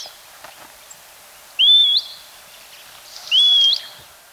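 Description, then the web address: Streak-throated bush-tyrant giving two clear whistles, each wavering slightly and then sweeping upward at the end, about two seconds apart, over soft background noise. Ecuador. "Birds of Ecuador 3. Streak-Throated Bush-Tyrant"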